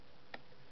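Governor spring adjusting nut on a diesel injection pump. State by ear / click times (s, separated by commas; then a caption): seated / 0.3 s. The governor spring adjusting nut on top of the spring on a Bosch MW diesel injection pump on a DT466 is turned with a screwdriver or needle-nose pliers. A single short, sharp click at 0.4 s stands out against a low, steady background. The nut seats into its next detent.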